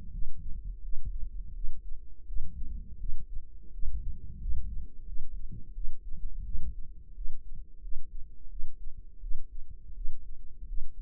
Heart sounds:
heart sounds by microphone in the right ear; 85 bpm
0.09 s: heartbeat
0.80 s: heartbeat
1.52 s: heartbeat
2.24 s: heartbeat
2.96 s: heartbeat
3.70 s: heartbeat
4.37 s: heartbeat
5.04 s: heartbeat
5.72 s: heartbeat
6.42 s: heartbeat
7.13 s: heartbeat
7.79 s: heartbeat
8.47 s: heartbeat
9.19 s: heartbeat
9.93 s: heartbeat
10.65 s: heartbeat
From the record:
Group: healthy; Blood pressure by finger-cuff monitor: 100/63 mmHg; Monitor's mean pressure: 73 mmHg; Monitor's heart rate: 84 bpm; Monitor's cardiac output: 6.3 L/min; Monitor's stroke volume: 76 mL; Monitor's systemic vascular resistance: 810 dyn s/cm5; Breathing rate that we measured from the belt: 17 breaths a minute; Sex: female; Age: 19 years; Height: 163 cm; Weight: 51 kg

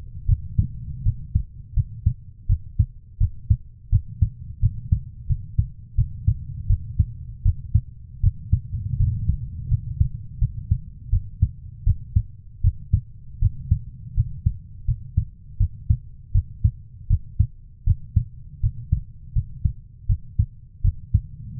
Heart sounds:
heart sounds by stethoscope; 82 bpm
0.26 s: heartbeat
1.03 s: heartbeat
1.74 s: heartbeat
2.47 s: heartbeat
3.18 s: heartbeat
3.90 s: heartbeat
4.60 s: heartbeat
5.27 s: heartbeat
5.95 s: heartbeat
6.67 s: heartbeat
7.43 s: heartbeat
8.21 s: heartbeat
8.97 s: heartbeat
9.69 s: heartbeat
10.39 s: heartbeat
11.10 s: heartbeat
11.84 s: heartbeat
12.61 s: heartbeat
13.39 s: heartbeat
14.14 s: heartbeat
14.85 s: heartbeat
15.57 s: heartbeat
16.32 s: heartbeat
17.08 s: heartbeat
17.84 s: heartbeat
18.61 s: heartbeat
19.33 s: heartbeat
20.07 s: heartbeat
20.82 s: heartbeat
21.59 s: heartbeat
From the record:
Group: healthy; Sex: female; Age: 24 years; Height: 163 cm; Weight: 55.7 kg

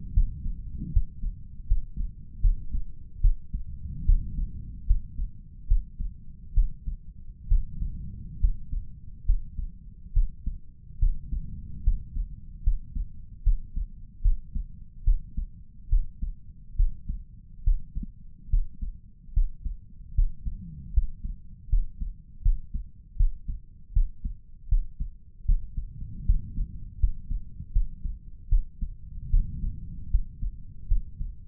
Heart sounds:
heart sounds by stethoscope; 74 bpm
0.13 s: heartbeat
0.92 s: heartbeat
1.67 s: heartbeat
2.41 s: heartbeat
3.21 s: heartbeat
4.05 s: heartbeat
4.86 s: heartbeat
5.67 s: heartbeat
6.54 s: heartbeat
7.48 s: heartbeat
8.40 s: heartbeat
9.25 s: heartbeat
10.13 s: heartbeat
10.99 s: heartbeat
11.83 s: heartbeat
12.63 s: heartbeat
13.43 s: heartbeat
14.21 s: heartbeat
15.04 s: heartbeat
15.89 s: heartbeat
16.76 s: heartbeat
17.63 s: heartbeat
18.49 s: heartbeat
19.33 s: heartbeat
20.14 s: heartbeat
20.93 s: heartbeat
21.69 s: heartbeat
22.42 s: heartbeat
23.16 s: heartbeat
23.92 s: heartbeat
24.68 s: heartbeat
25.45 s: heartbeat
26.25 s: heartbeat
26.99 s: heartbeat
27.72 s: heartbeat
28.48 s: heartbeat
29.30 s: heartbeat
30.10 s: heartbeat
30.87 s: heartbeat
From the record:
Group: healthy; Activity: rest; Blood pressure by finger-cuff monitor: 166/107 mmHg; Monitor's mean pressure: 124 mmHg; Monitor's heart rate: 74 bpm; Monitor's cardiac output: 5.4 L/min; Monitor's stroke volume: 72 mL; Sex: male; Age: 35 years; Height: 178 cm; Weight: 64 kg

